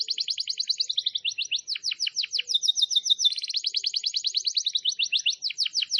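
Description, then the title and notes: Canary-type song of quick repeated trills and downward-sweeping notes, changing rhythm every second or so, bright and high-pitched with no other sounds. Lure recording. "Pikat Burung. kenari"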